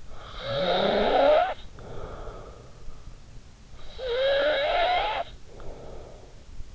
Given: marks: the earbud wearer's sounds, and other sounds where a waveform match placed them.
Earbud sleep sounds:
sounds in sleep by an in-ear microphone; snoring breath
0.00-3.45 s: snoring breath
3.85-6.62 s: snoring breath

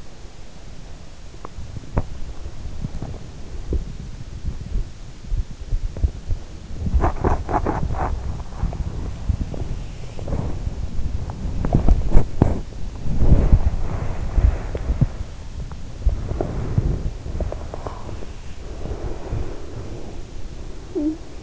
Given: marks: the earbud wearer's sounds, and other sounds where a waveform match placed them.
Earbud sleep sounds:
sounds in sleep by an in-ear microphone; body movement, teeth grinding, talking in sleep
0.96-21.43 s: body movement
1.31-2.38 s: teeth grinding
17.24-18.40 s: teeth grinding
20.81-21.43 s: talking in sleep

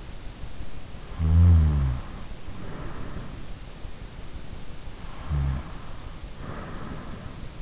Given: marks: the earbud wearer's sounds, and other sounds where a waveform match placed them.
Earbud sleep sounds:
sounds in sleep by an in-ear microphone; snoring breath
1.04-2.89 s: snoring breath
5.02-6.90 s: snoring breath

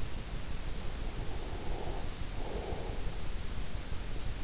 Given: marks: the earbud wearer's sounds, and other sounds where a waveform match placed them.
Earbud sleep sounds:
sounds in sleep by an in-ear microphone; breath
0.49-3.98 s: breath

